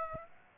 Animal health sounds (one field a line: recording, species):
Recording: mosquito wingbeat signal from an infrared sensor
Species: Aedes aegypti